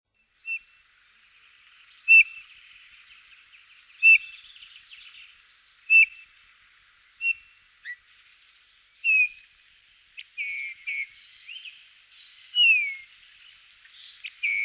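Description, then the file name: Eurasian bullfinch singing: soft piped whistles spaced about two seconds apart, then a closer run of short slurred and descending notes near the end. "gimpel"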